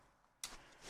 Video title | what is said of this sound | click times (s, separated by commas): From Parts to Power: Reassembling the Harley EVO | and you can hear it click and it pops in | 0.4 s